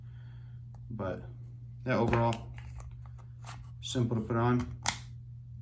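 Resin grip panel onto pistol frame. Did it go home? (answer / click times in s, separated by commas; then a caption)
yes / 4.9 s. A resin grip panel is pushed onto a pistol frame while someone talks, and it seats with a sharp snap at 4.9 seconds. The panel is confirmed seated.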